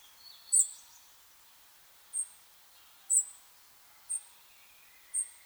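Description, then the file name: European robin calls: five short, high, thin notes at fairly regular intervals, with a fainter lower twitter early on. "Erithacus rubecula"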